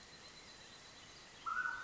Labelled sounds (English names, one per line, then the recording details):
Mountain Quail
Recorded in Sonoma County, California